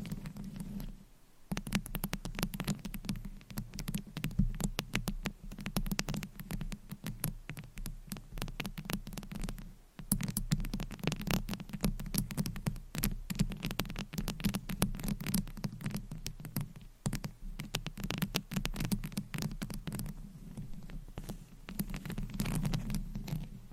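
Dense, rapid scratching on a microphone, crackly and continuous over a low hum, with brief pauses near one and ten seconds.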